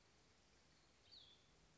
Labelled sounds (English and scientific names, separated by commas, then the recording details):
Cassin's Vireo (Vireo cassinii)
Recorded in Sonoma County, California